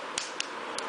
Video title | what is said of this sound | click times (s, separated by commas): How to put the Back cover on Samsung Galaxy S2 | you should hear the clicking voice as you go | 0.2 s, 0.4 s, 0.8 s